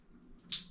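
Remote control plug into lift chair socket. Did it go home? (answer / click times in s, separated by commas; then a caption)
yes / 0.5 s. A remote control cable plug is pushed into the socket of a Maidesite lift chair until it snaps. After a low, quiet background, a sharp bright click sounds at 0.5 s and fades quickly. The plug is seated.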